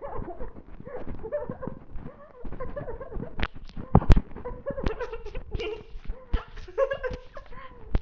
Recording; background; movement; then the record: laughter; quiet; walking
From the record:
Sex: female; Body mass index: 18.8 kg/m2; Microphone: on the chest, facing the body